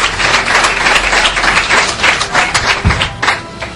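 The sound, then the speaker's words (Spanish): A crowd applauds steadily at Don Cirio, crowning Juan Antonio Cebrián and Juan Ignacio Cuesta, many hands clapping in a dense, continuous wash of sound that holds at an even, fairly loud level throughout, with a single low thump partway through. “Y yo quiero que con un gran aplauso coronéis aquí en Don Cirio a Juan Antonio Cebrián, perdón, y a Juan Ignacio Cuesta.”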